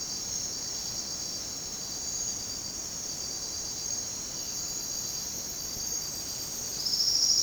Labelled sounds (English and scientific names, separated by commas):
Silvered Antbird (Sclateria naevia)